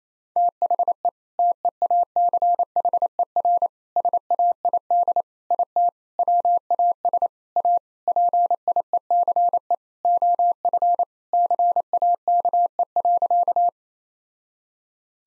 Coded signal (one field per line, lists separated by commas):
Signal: Morse code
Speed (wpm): 27 wpm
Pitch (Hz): 700 Hz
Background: none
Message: THE TEACHER SAID IT WAS A PIECE OF CAKE.